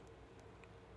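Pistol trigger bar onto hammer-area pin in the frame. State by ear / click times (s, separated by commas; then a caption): not seated / none. A SCCY CPX-2 pistol's trigger bar is handled in the frame, being pushed down so its flat locates in the notch by the hammer and onto the hammer-area pin. A steady low background hum runs throughout, with a brief, faint tick at 0.6 s. Nothing has seated or clicked yet; the trigger bar is not yet home.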